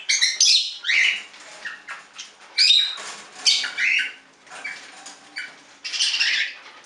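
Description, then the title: Budgerigar chatter: scattered high chirps and squeaky warbled notes in short bursts over a faint background hiss. "Budgie Sounds"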